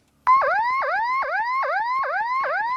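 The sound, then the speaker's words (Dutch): The siren of a silver, all-steel enforcement boat on the water near the island of Maurik, in sunshine, wails loudly in rapid, repeating up-and-down sweeps, about three cycles per second, a steady electronic whoop with no voices over it. “Zit er ook nog een sirene op? Ja.”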